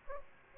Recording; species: mosquito wingbeat signal from an infrared sensor; Aedes aegypti